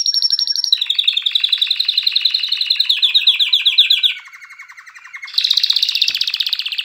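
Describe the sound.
Canary song, loud and continuous: a high trill dropping into fast rolling repeated notes, a softer low buzzy passage, then a bright high trill again.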